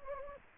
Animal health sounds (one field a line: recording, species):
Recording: mosquito wingbeat signal from an infrared sensor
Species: Anopheles gambiae